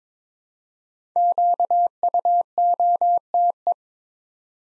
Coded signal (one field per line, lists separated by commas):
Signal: Morse code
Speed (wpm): 22 wpm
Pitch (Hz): 700 Hz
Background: none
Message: QUOTE